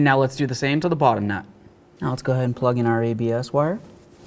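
During a front sway bar link replacement on a 2008–13 Mazda 3, someone talks while the plastic ABS wheel-speed sensor wire connector is handled before being plugged into its harness socket. Nothing has seated or clicked yet.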